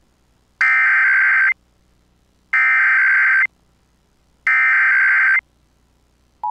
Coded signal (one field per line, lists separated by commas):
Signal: Emergency Alert System (SAME) tones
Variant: header bursts